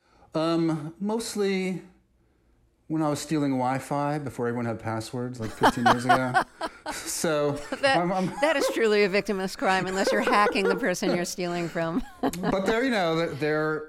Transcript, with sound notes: Mostly when I was stealing Wi-Fi before everyone had passwords... (Laughter) ...Like, 15 years ago. So I'm (laughter)
That is truly a victimless crime unless you're hacking the person you're stealing from (laughter)
But their - you know, their...